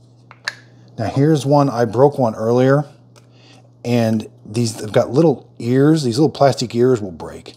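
The two snap-together halves of the plastic lower needle basket from a Keurig K-Supreme Plus Smart K-Cup coffee maker are pulled apart by hand along their seam line, popping open with sharp clicks at 0.3 s and 0.5 s. The halves come free; their little plastic ears can break during this. Someone then talks in a quiet room.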